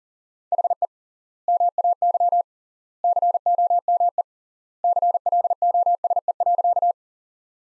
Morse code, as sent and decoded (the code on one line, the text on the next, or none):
.... . / -- .- -.-- / -.-. --- -- . / -.-. .-.. --- ... . .-.-.-
HE MAY COME CLOSE.